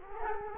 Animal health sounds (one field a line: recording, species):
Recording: mosquito wingbeat signal from an infrared sensor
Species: Culex quinquefasciatus